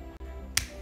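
A Polar M200 sports watch unit is pushed into its rubber wristband, and one sharp click sounds at 0.6 s over a low steady hum, showing the watch has seated in the band.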